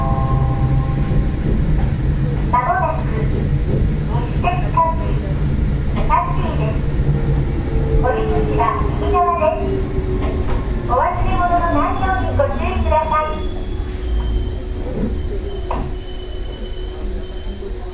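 A Nishitetsu 600 series train rumbles steadily with a deep low roar, while voices talk intermittently and a motor whine slowly descends midway.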